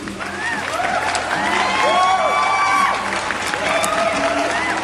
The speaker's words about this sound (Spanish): Aplausos para la posición 5.